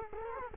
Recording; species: mosquito wingbeat signal from an infrared sensor; Culex quinquefasciatus